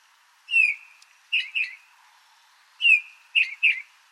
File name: Bouvreuil pivoine